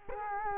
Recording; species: mosquito wingbeat signal from an infrared sensor; Culex quinquefasciatus